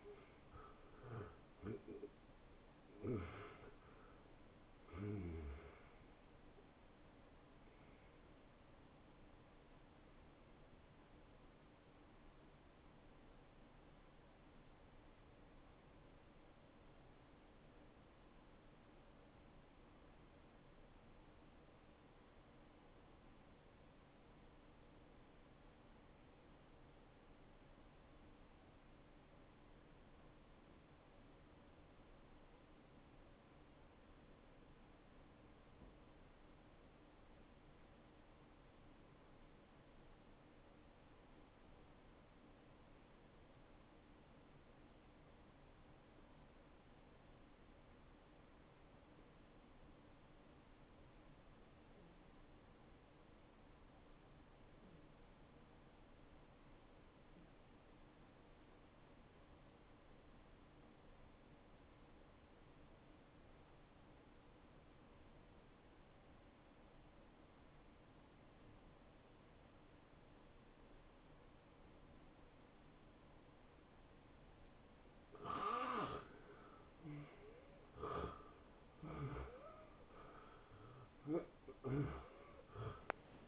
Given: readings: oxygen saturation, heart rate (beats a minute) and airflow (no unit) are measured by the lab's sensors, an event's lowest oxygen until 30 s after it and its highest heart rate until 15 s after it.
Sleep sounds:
breathing in sleep by a voice recorder at the bedside; 1
15.00-76.00 s: obstructive apnea (N1, oxygen 95% highest, then 81% lowest, heart rate 81 at the start, 85 highest)
From the record:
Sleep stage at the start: N1 (lightest sleep); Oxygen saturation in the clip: 83 to 95%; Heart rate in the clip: 54 to 81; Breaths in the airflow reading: 7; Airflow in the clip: -17.3 to 10.6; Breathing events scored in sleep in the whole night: 263 in 5.5 hours asleep

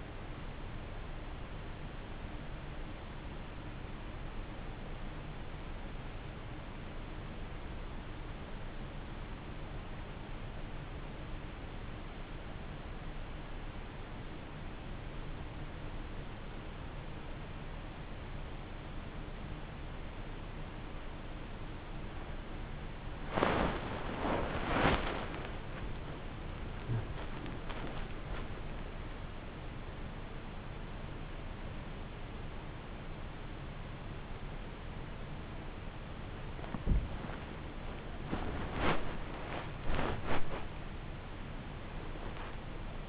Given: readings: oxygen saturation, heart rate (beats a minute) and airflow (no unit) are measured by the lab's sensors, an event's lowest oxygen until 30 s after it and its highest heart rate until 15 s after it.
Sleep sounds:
breathing in sleep by a voice recorder at the bedside; 1
8.00-27.80 s: hypopnea (N1, oxygen 95% highest, then 94% lowest)
22.00-43.09 s: new sleep stage, awake
24.00-43.09 s: awake
From the record:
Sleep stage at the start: N1 (lightest sleep); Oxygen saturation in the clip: 94 to 95%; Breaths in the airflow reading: 9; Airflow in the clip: -6.0 to 8.7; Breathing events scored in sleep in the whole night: 304 in 5.6 hours asleep

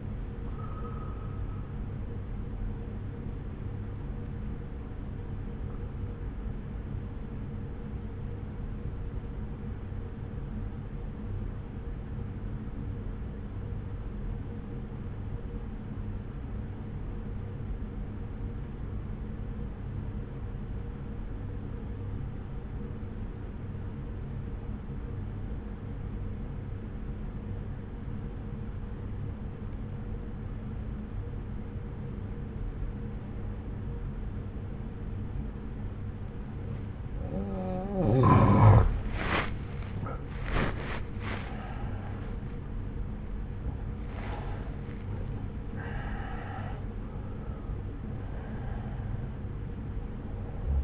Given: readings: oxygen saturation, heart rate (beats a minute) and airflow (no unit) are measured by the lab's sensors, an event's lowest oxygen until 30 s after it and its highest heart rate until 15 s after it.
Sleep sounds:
breathing in sleep by a smartphone at the bedside; 1
5.00-38.80 s: obstructive apnea (N2, oxygen 94% highest, then 83% lowest)
36.00-50.84 s: new sleep stage, N1 (lightest sleep)
From the record:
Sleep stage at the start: N2 (light sleep); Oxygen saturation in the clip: 84 to 94%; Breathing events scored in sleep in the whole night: 303 in 8.1 hours asleep

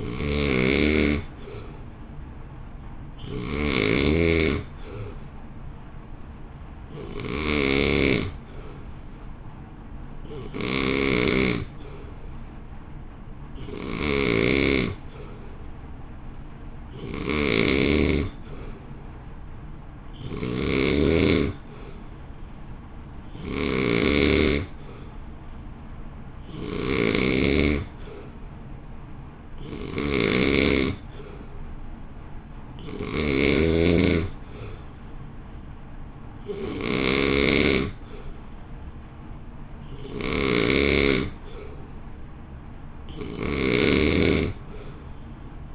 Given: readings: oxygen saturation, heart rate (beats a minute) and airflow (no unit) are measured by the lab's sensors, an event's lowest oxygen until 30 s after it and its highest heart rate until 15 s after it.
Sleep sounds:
breathing in sleep by a smartphone at the bedside; none
none scored
From the record:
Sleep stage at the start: N2 (light sleep); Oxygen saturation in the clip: 88 to 91%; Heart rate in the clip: 54 to 57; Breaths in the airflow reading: 16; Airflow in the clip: -1.5 to 1.0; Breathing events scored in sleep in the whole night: 328 in 6.3 hours asleep

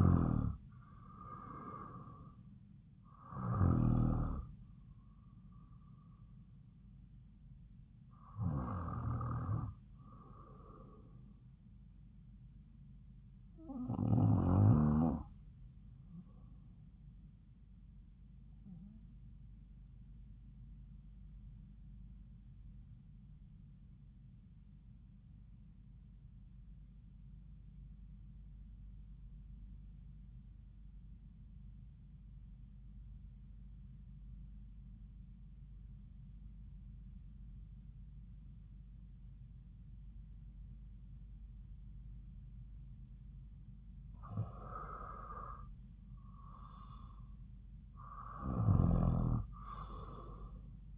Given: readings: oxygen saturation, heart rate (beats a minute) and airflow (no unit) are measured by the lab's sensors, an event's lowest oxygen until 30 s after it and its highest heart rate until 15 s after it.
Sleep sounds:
breathing in sleep by a smartphone at the bedside; 1
24.00-43.50 s: obstructive apnea (REM, oxygen 96% highest, then 88% lowest)
From the record:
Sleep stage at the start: REM sleep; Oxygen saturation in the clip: 86 to 96%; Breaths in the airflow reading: 7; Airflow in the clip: -7.3 to 7.0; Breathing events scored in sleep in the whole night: 270 in 6.1 hours asleep

